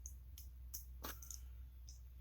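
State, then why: Not seated. A plastic leg part of a Unicorn Gundam model kit is handled against the upper leg section for another try after a failed first attempt. Short, sharp plastic ticks sound at about 0.1 s and 0.8 s, with light handling noise between them. Nothing has seated or clicked home yet.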